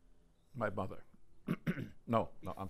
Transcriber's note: clears throat